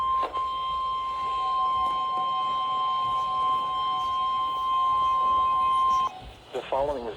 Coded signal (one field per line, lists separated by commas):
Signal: Emergency Alert System (SAME) tones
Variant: 1050 Hz attention tone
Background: speech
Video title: Flash Flood Warning (EAS #154)